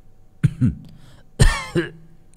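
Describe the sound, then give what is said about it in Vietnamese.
Two pairs of hoarse, rasping coughs from a man sitting under a tree, separated by a short pause, the second pair louder and more drawn out, with no talking around them. “Người kia vẫn đang ngồi dưới một tán cây, nghe thấy giọng Nguyệt mở mắt ho lên mấy tiếng khủ khủ.”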